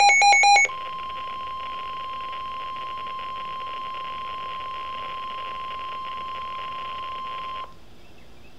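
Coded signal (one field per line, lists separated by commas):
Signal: Emergency Alert System (SAME) tones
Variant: 1050 Hz attention tone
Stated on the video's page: Real Special Marine Warning from NWS Mount Holly, recorded off a Midland WR-100 weather radio.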